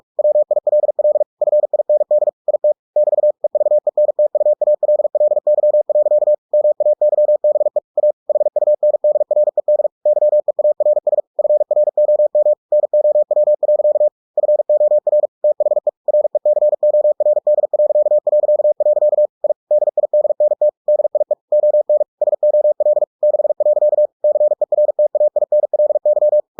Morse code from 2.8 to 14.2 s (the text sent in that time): <BT> EVENTUALLY. MAYBE A HUNDRED YEARS FROM NOW.